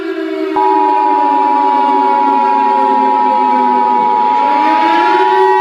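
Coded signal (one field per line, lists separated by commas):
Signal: Emergency Alert System (SAME) tones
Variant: 853 and 960 Hz attention tone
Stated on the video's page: Simulated EAS alert tones in a fictional scenario about murderers on the loose.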